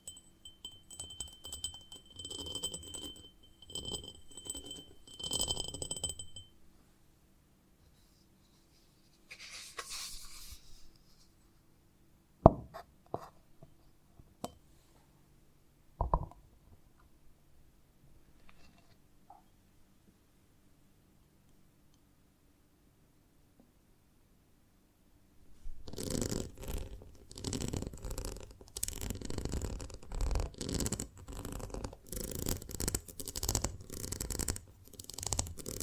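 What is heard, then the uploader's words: Honeycomb on a branch being handled in ASMR style: dense crackling and rustling for the first six seconds, then a long hush broken by a brief scratchy rustle near ten seconds and a few sharp taps. From about twenty-six seconds, steady crisp crackling fills the rest. ASMR of a Honeycomb on Branch (No Talking).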